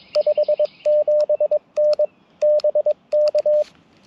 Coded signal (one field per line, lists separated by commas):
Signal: Morse code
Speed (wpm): 22 wpm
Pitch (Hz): 600 Hz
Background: radio noise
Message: 57N BK